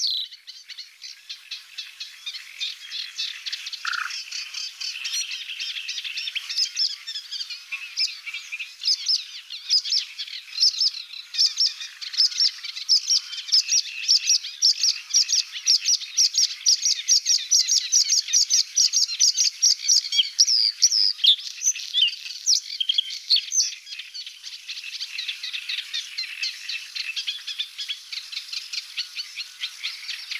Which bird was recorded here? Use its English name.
Bluethroat